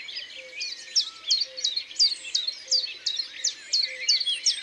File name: Pouillot veloce ABC des chants doiseaux